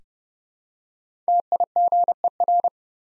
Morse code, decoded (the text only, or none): TIGER